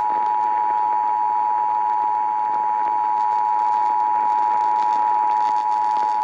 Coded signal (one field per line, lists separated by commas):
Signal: Emergency Alert System (SAME) tones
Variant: 853 and 960 Hz attention tone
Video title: (EAS #462 - #475) NORTH CENTRAL TEXAS CHOAS - EAS Alerts from 4/4/22 - 4/5/22